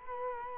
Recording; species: mosquito wingbeat signal from an infrared sensor; Culex quinquefasciatus